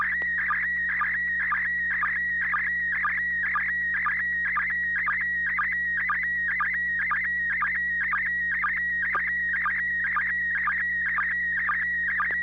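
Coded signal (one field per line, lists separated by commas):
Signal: SSTV (slow-scan television)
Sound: steady high warbling tone with rhythmic chirping blips about twice a second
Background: low hum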